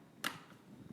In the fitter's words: DO YOU HEAR THAT CLICK?